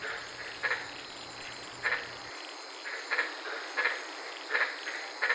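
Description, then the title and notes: White-lipped tree frog giving short doubled croaks about every 0.7 to 1.3 seconds, over a soft hiss, with a low hum stopping early. Several frogs calling at night in the Daintree rainforest, Queensland; heard from inside a parked car. "in the Daintree rainforest in Queensland this night and fell asleep listening to these amazing White lipped frogs"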